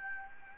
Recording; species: mosquito wingbeat signal from an infrared sensor; Anopheles gambiae